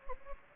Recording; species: mosquito wingbeat signal from an infrared sensor; Anopheles gambiae